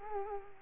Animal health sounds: mosquito wingbeat signal from an infrared sensor; Culex quinquefasciatus

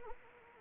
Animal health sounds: mosquito wingbeat signal from an infrared sensor; Anopheles arabiensis

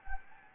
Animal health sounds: mosquito wingbeat signal from an infrared sensor; Anopheles gambiae

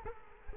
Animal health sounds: mosquito wingbeat signal from an infrared sensor; Culex quinquefasciatus

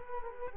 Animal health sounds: mosquito wingbeat signal from an infrared sensor; Culex quinquefasciatus

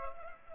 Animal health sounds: mosquito wingbeat signal from an infrared sensor; Culex pipiens

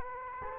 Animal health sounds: mosquito wingbeat signal from an infrared sensor; Culex quinquefasciatus

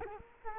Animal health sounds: mosquito wingbeat signal from an infrared sensor; Culex quinquefasciatus

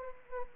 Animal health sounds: mosquito wingbeat signal from an infrared sensor; Anopheles gambiae

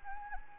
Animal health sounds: mosquito wingbeat signal from an infrared sensor; Anopheles arabiensis

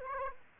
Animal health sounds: mosquito wingbeat signal from an infrared sensor; Aedes aegypti

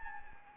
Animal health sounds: mosquito wingbeat signal from an infrared sensor; Anopheles gambiae

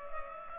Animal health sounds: mosquito wingbeat signal from an infrared sensor; Culex pipiens

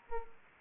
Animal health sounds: mosquito wingbeat signal from an infrared sensor; Aedes aegypti

